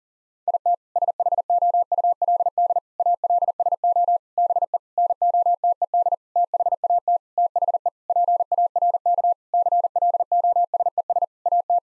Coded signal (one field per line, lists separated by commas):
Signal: Morse code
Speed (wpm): 37 wpm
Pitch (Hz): 700 Hz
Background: none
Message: IT SHOULD ALSO BE NOTED THAT THE PARK CLOSES AT